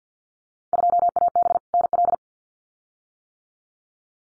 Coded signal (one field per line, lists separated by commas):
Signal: Morse code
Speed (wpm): 50 wpm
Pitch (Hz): 700 Hz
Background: none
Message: 2AB NL